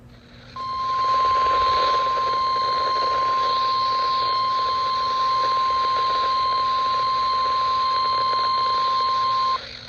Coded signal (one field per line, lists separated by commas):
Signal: Emergency Alert System (SAME) tones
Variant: 1050 Hz attention tone